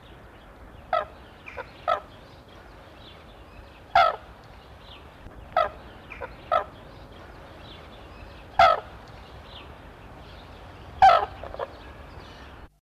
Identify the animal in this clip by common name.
Red-crowned Crane